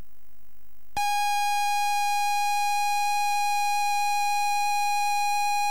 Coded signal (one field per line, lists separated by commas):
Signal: ZX Spectrum tape loading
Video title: ZX Spectrum Terra Cresta